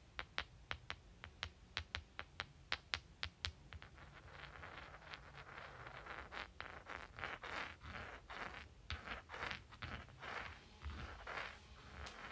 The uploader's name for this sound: Clicking and Rubbing Rocks